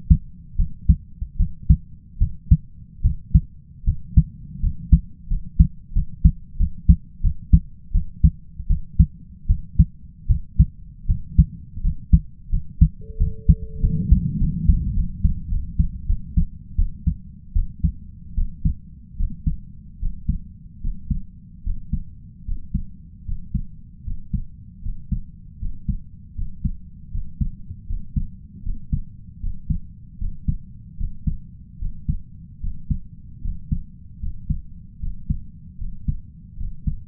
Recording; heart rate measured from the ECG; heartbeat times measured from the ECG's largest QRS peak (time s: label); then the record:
heart sounds by stethoscope; 80 bpm
0.56 s: heartbeat
1.37 s: heartbeat
2.18 s: heartbeat
3.02 s: heartbeat
3.84 s: heartbeat
4.60 s: heartbeat
5.28 s: heartbeat
5.93 s: heartbeat
6.57 s: heartbeat
7.21 s: heartbeat
7.92 s: heartbeat
8.67 s: heartbeat
9.47 s: heartbeat
10.27 s: heartbeat
11.06 s: heartbeat
11.81 s: heartbeat
12.50 s: heartbeat
13.17 s: heartbeat
13.80 s: heartbeat
14.38 s: heartbeat
14.94 s: heartbeat
15.49 s: heartbeat
16.06 s: heartbeat
16.76 s: heartbeat
17.53 s: heartbeat
18.35 s: heartbeat
19.16 s: heartbeat
19.99 s: heartbeat
20.80 s: heartbeat
21.63 s: heartbeat
22.44 s: heartbeat
23.24 s: heartbeat
24.04 s: heartbeat
24.82 s: heartbeat
25.58 s: heartbeat
26.34 s: heartbeat
27.10 s: heartbeat
27.86 s: heartbeat
28.62 s: heartbeat
29.39 s: heartbeat
30.17 s: heartbeat
30.96 s: heartbeat
31.78 s: heartbeat
32.60 s: heartbeat
33.41 s: heartbeat
34.19 s: heartbeat
34.99 s: heartbeat
35.77 s: heartbeat
36.56 s: heartbeat
From the record:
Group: healthy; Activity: rest 0-13 s, Valsalva maneuver 13-37 s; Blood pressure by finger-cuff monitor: 129/78 mmHg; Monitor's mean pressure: 89 mmHg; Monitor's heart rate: 77 bpm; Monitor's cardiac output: 5.6 L/min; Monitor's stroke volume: 70 mL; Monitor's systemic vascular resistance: 1200 dyn s/cm5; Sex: male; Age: 20 years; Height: 167 cm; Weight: 61 kg